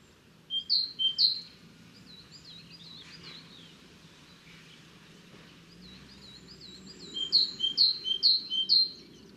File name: Carbonero comun